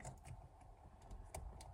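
A plastic airbag wiring connector is plugged into the steering wheel airbag module while the steering wheel is being reinstalled on a 2nd Gen Toyota Tacoma. Light ticking and handling noises lead up to a sharp click at 1.3 s as the connector seats, followed by another tick at 1.6 s. No one talks.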